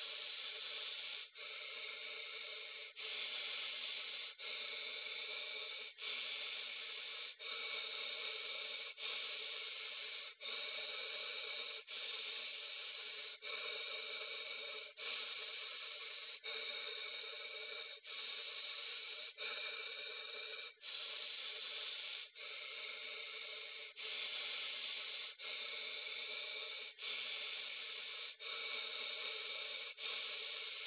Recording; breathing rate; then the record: paced breathing near a phone; 20 breaths a minute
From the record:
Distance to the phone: 20 cm